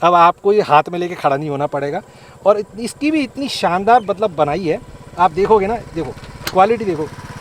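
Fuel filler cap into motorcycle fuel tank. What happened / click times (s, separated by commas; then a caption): The filler cap is being handled but has not latched yet / none. Someone talks while handling the hinged metal fuel filler cap on the fuel tank of a Super Meteor 650 motorcycle, pressing it down to shut. Only speech is heard; nothing has seated or clicked yet.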